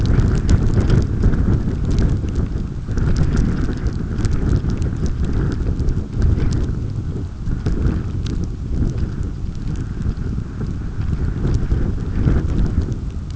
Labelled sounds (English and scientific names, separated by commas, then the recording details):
none
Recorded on Arctic tundra, site UTQI-5, on 29 June 2018
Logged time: 02:00